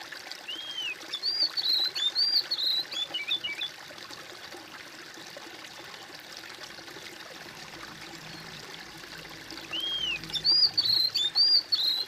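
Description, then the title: Bird whistling a series of looping, rising and falling notes, pausing through a long stretch of background hiss, then resuming with another lively burst. "kOMPILASI suara bird"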